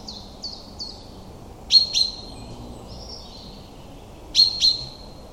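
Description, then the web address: Common chaffinch calls in sharp metallic doubles, two pairs about two and a half seconds apart, over softer whistled notes from other birds. "cianscape birddata Deverinetal 2025 File origin Bird Only Fr Co"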